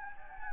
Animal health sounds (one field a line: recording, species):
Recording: mosquito wingbeat signal from an infrared sensor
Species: Anopheles gambiae